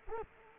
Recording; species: mosquito wingbeat signal from an infrared sensor; Culex quinquefasciatus